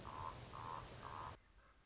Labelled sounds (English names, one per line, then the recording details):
Common Raven
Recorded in Sonoma County, California